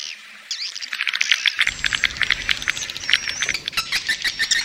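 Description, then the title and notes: Swiftlets chirp in quick, scattered high notes after a quiet opening, over a low rumbling background noise that starts partway through. Swiftlet farming sound, Asia. "Swiflet Bird Sound. Farming Swiflet Bird asia sound"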